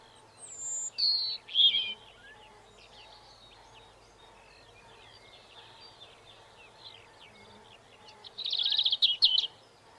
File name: birdsong robin